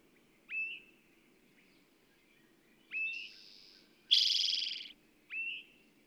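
Bird song: rising whistled notes repeated every couple of seconds, a thin hiss, and one loud buzzy trill, over a low steady hum.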